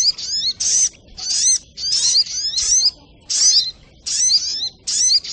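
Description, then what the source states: Little spiderhunter song: high, squeaky bursts of quick sweeping whistles with rising and falling notes, phrases repeated roughly every three-quarters of a second. Training recording (masteran).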